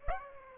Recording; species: mosquito wingbeat signal from an infrared sensor; Aedes aegypti